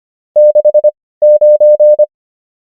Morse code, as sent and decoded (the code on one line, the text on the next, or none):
-.... ----.
69